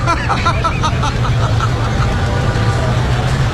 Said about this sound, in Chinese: 哎呀，我确实是，这是堵车，这是真的堵车，真的。